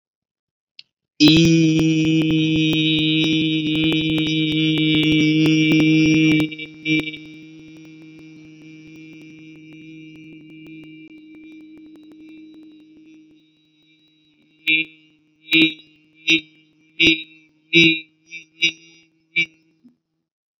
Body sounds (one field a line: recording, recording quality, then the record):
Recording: sustained vowel as in beet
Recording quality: poor, much background noise or distortion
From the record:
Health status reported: COVID-19 positive, mild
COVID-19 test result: positive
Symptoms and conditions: cough, cold, sore throat, fever, fatigue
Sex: male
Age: 26 years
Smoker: not ticked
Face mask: not worn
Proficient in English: yes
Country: India